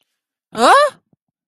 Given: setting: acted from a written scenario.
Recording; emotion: vocal sound without words; anger